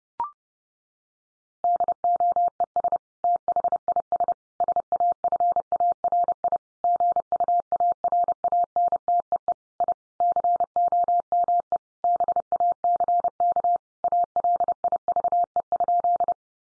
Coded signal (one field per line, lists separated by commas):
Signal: Morse code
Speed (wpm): 28 wpm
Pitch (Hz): 700 Hz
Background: none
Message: DOES THIS SAFARI GUARANTEE I COME BACK ALIVE?